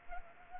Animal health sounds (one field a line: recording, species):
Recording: mosquito wingbeat signal from an infrared sensor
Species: Anopheles gambiae